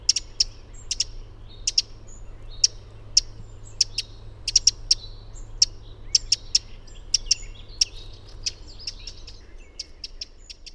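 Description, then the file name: Eurasian wren producing brisk, dry tick notes, spaced irregularly and sometimes paired, with a few softer ticks near the end and a low steady hum underneath that stops shortly before the end. "Troglodytes troglodytes"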